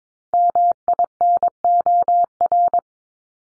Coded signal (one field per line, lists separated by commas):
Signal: Morse code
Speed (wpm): 22 wpm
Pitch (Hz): 700 Hz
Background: none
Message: MINOR